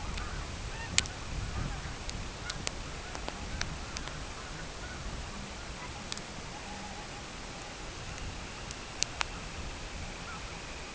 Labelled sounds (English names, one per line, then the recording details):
unidentified sound
Semipalmated Sandpiper
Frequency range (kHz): Semipalmated Sandpiper 1.9-3.4 kHz
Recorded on Arctic tundra, site CORI-1, on 12 June 2018
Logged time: 08:00